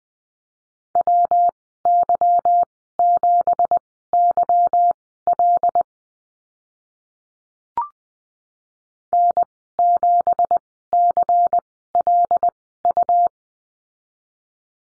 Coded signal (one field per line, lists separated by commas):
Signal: Morse code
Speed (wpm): 21 wpm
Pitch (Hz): 700 Hz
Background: none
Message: WY7YL N7CLU